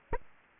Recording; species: mosquito wingbeat signal from an infrared sensor; Aedes aegypti